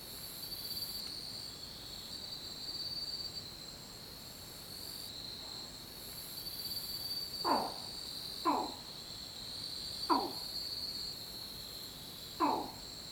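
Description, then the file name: Holst's frog giving four short, abrupt downward-sweeping calls, spaced about one to two and a half seconds apart, over a steady high insect drone and faint background hiss. "Babina Holsti Is Calling"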